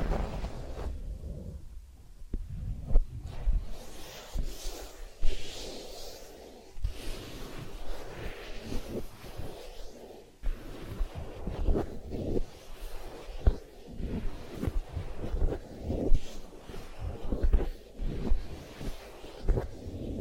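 Massage and ear cleaning sounds: dense, irregular rubbing and crackling bursts with low thumps, sharp taps near three, five and ten seconds.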